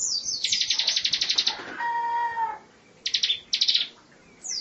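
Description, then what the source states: Lovebird giving a pulsed buzzy trill that shifts into a steady lower harmonic tone, followed by two short high trill bursts. Lovebird long trill (ngekek panjang); ciblek also mentioned.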